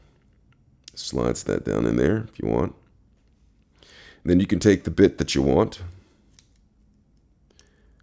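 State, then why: Seated. Someone talks while a metal screwdriver bit is slid into the spring-loaded quick-load chuck of a Husky 12-in-1 ratcheting screwdriver. After the talk stops, a few faint ticks follow, and the bit locks into the chuck with a small click at 7.6 s.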